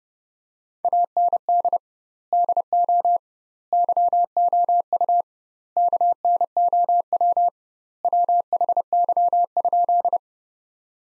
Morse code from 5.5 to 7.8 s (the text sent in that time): KNOW